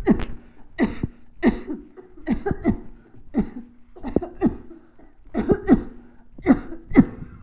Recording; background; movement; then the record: voluntary coughing; a bystander coughing; sitting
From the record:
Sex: female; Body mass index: 21.8 kg/m2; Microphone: on the chest, facing the body